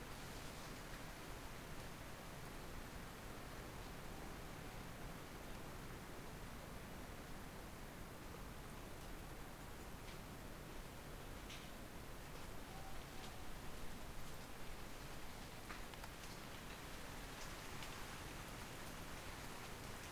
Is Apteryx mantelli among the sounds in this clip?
no